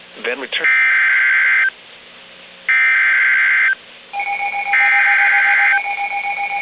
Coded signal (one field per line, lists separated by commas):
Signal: Emergency Alert System (SAME) tones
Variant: header bursts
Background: speech